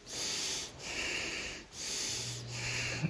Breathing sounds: deep breathing after running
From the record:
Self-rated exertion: very light exertion (1 of 6); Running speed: 7 miles an hour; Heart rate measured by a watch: 85 beats a minute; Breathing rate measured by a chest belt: 8 breaths a minute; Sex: male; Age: 24 years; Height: 175 cm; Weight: 56 kg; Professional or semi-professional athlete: no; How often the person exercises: over 5 times a week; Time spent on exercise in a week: over 5 hours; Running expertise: yes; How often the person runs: over 5 times a week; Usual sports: running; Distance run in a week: 60 km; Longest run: 43 km

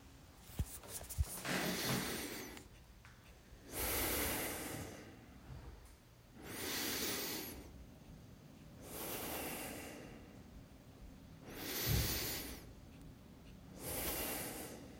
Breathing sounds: deep breathing after running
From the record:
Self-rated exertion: very light exertion (1 of 6); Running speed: 6 miles an hour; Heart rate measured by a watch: 114 beats a minute at the start, 113 at the end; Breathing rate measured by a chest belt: 12 breaths a minute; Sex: male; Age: 24 years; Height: 185 cm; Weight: 79 kg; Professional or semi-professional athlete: no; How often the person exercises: 1 to 2 times a week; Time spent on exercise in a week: 2 to 3 hours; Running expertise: no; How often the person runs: 1 to 2 times a week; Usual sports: running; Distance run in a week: 20 km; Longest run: 10 km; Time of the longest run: 50 minutes

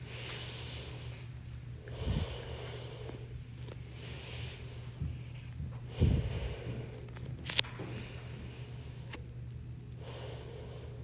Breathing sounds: deep breathing after running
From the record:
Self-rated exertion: light exertion (2 of 6); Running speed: 5 miles an hour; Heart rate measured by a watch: 81 beats a minute at the start, 78 at the end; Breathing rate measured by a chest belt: 14 breaths a minute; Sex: female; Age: 56 years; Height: 158 cm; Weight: 68 kg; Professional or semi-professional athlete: no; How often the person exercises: 3 to 5 times a week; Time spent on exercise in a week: 2 to 3 hours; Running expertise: no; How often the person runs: 3 to 5 times a week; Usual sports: running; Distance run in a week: 30 km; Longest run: 42 km

